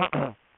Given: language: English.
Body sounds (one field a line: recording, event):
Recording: throat vibration sensor signal played as sound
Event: throat clearing